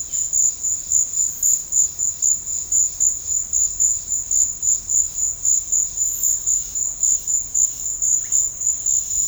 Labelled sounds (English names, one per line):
none